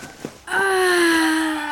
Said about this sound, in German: Das war das dritte Krähen.